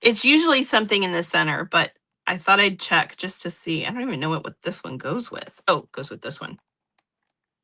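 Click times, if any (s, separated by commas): none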